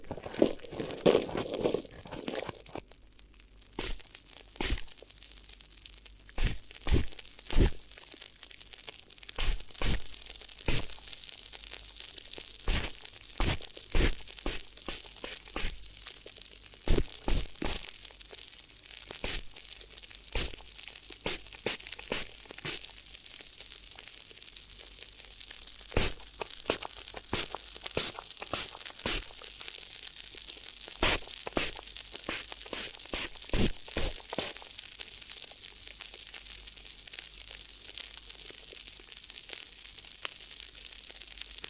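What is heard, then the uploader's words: Crinkly crackling and crumpling sounds, like plastic or paper being handled, arrive in sharp bursts throughout. The crinkles come in irregular clusters every second or so, bright and crisp, over a steady faint hiss with a low hum beneath. ASMR Addictive Crinkly Ear Massage (No Talking).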